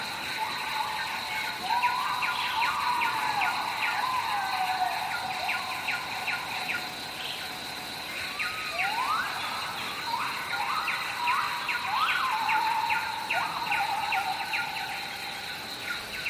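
Jungle sounds with a dense, steady wash of insects buzzing high and bright throughout. Over it, a bird repeats rising, swooping whistles in clusters, around two to five seconds and again from nine to fourteen seconds.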